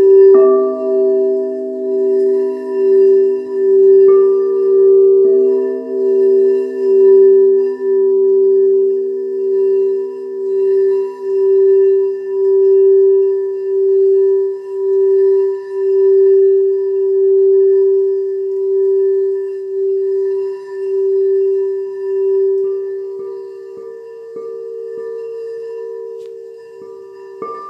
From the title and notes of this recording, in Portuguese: Breve Relax com as Tigelas de Quartzo.